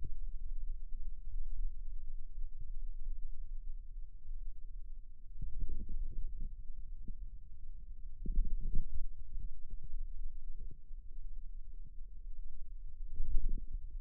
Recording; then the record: forearm muscle sounds (acoustic myography)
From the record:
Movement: radial deviation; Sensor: system 2, bracelet of six BSWA MPA416 microphones around the upper forearm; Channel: 6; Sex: male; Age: 22 years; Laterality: right